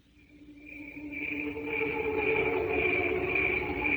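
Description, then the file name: Cricket song, a steady high-pitched trill that swells in over the first second and a half, then holds unbroken, with lower tones beneath. "canto grilli"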